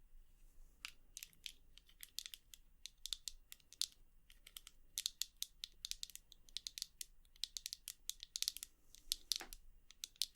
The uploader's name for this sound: Tapping